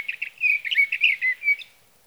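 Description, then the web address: Sage thrasher song: short burst of fast sweet warbled notes and slurred whistles that ends after about a second and a half. "birdsongforthecurious songs Sage Thrasher"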